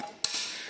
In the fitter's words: la poignée noir jusqu'à entendre le petit déclic